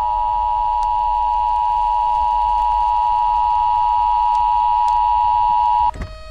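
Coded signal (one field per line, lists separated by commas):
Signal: Emergency Alert System (SAME) tones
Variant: 853 and 960 Hz attention tone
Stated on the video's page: Fictional EAS alert within a short film about nuclear war, shot on a Lumix G7.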